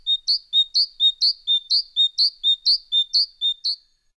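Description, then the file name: Great tit singing a steady, ringing two-note phrase, a lower note rising to a higher one, repeated rapidly about every half second throughout. "Musvit"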